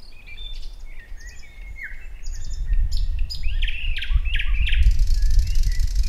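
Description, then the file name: Thrush nightingale song: varied phrases of clear whistles, sharp clicks and high buzzy notes, with a steady low rumble of background noise underneath. "Naktergal"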